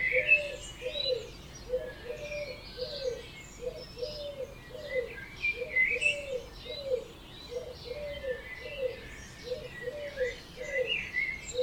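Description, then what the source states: Birds: a steady run of low hollow double notes repeating, with busy high twittering from other birds throughout. Dawn chorus recorded at 4am in Oberhofen, Inntal, Austria; binaural recording.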